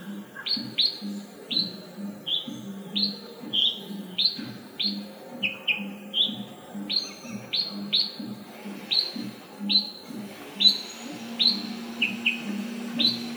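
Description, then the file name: Red-whiskered bulbul calls, a lively string of bright, slightly descending chirps, steady and rhythmic over thirteen seconds, with a constant low hum beneath. "Red-whiskered bulbul (Pycnonotus jocosus)"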